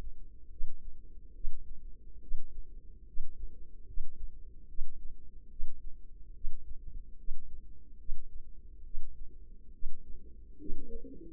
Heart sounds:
heart sounds by microphone in the left ear; 71 bpm
0.48 s: heartbeat
1.32 s: heartbeat
2.19 s: heartbeat
3.04 s: heartbeat
3.84 s: heartbeat
4.66 s: heartbeat
5.48 s: heartbeat
6.32 s: heartbeat
7.15 s: heartbeat
7.96 s: heartbeat
8.82 s: heartbeat
9.70 s: heartbeat
10.56 s: heartbeat
From the record:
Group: healthy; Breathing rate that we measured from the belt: 17 breaths a minute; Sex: female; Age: 24 years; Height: 163 cm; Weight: 55.7 kg

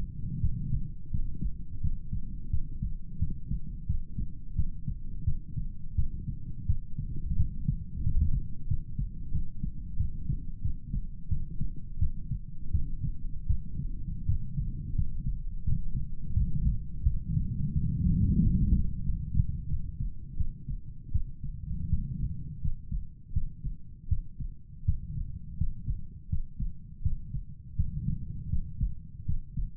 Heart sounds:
heart sounds by stethoscope; 85 bpm
0.41 s: heartbeat
1.11 s: heartbeat
1.81 s: heartbeat
2.51 s: heartbeat
3.19 s: heartbeat
3.87 s: heartbeat
4.56 s: heartbeat
5.25 s: heartbeat
5.95 s: heartbeat
6.66 s: heartbeat
7.37 s: heartbeat
8.04 s: heartbeat
8.68 s: heartbeat
9.32 s: heartbeat
9.97 s: heartbeat
10.62 s: heartbeat
11.29 s: heartbeat
11.99 s: heartbeat
12.71 s: heartbeat
13.47 s: heartbeat
14.26 s: heartbeat
14.96 s: heartbeat
15.65 s: heartbeat
16.34 s: heartbeat
17.03 s: heartbeat
17.73 s: heartbeat
18.40 s: heartbeat
19.04 s: heartbeat
19.69 s: heartbeat
20.37 s: heartbeat
21.12 s: heartbeat
21.90 s: heartbeat
22.62 s: heartbeat
23.33 s: heartbeat
24.08 s: heartbeat
24.85 s: heartbeat
25.58 s: heartbeat
26.29 s: heartbeat
27.02 s: heartbeat
27.76 s: heartbeat
28.50 s: heartbeat
29.26 s: heartbeat
From the record:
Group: healthy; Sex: male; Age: 35 years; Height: 178 cm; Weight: 64 kg

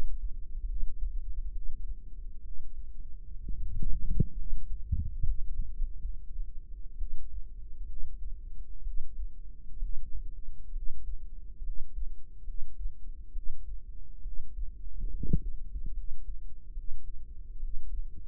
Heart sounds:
heart sounds by microphone in the right ear; 67 bpm
0.63 s: heartbeat
1.50 s: heartbeat
2.39 s: heartbeat
3.36 s: heartbeat
4.32 s: heartbeat
5.21 s: heartbeat
5.73 s: heartbeat
6.96 s: heartbeat
7.84 s: heartbeat
8.81 s: heartbeat
9.76 s: heartbeat
10.70 s: heartbeat
11.59 s: heartbeat
12.41 s: heartbeat
13.30 s: heartbeat
14.19 s: heartbeat
15.08 s: heartbeat
15.91 s: heartbeat
16.71 s: heartbeat
17.56 s: heartbeat
From the record:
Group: healthy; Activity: rest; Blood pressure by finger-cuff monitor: 117/75 mmHg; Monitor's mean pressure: 89 mmHg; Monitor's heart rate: 67 bpm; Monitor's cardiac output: 5.4 L/min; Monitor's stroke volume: 79 mL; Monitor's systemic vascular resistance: 1160 dyn s/cm5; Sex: female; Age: 22 years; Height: 171 cm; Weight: 65.6 kg

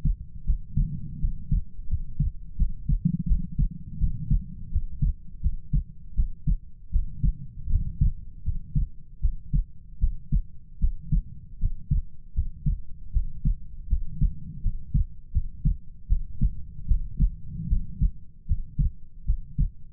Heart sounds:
heart sounds by stethoscope; 80 bpm
0.44 s: heartbeat
1.19 s: heartbeat
1.88 s: heartbeat
2.56 s: heartbeat
3.26 s: heartbeat
3.98 s: heartbeat
4.70 s: heartbeat
5.40 s: heartbeat
6.14 s: heartbeat
6.90 s: heartbeat
7.68 s: heartbeat
8.43 s: heartbeat
9.20 s: heartbeat
9.98 s: heartbeat
10.79 s: heartbeat
11.58 s: heartbeat
12.33 s: heartbeat
13.11 s: heartbeat
13.87 s: heartbeat
14.61 s: heartbeat
15.31 s: heartbeat
16.07 s: heartbeat
16.86 s: heartbeat
17.67 s: heartbeat
18.46 s: heartbeat
19.24 s: heartbeat
From the record:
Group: healthy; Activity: rest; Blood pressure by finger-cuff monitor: 94/55 mmHg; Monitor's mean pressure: 67 mmHg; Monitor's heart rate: 80 bpm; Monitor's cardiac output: 7.1 L/min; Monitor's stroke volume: 90 mL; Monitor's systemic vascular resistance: 670 dyn s/cm5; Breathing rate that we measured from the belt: 18 breaths a minute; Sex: female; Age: 19 years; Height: 163 cm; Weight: 48.9 kg

